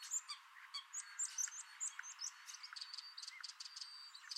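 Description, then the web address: Common starling song, a dense jumble of sharp clicks, short high whistles and buzzy notes, delivered rapidly without pause. "Deverinetal 2025. Bird Only"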